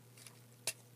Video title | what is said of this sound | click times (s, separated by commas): Transformers 4: Age of Extinction - Voyager GALVATRON | and his arms will flip up and lock into his torso here | 0.7 s